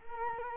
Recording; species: mosquito wingbeat signal from an infrared sensor; Culex quinquefasciatus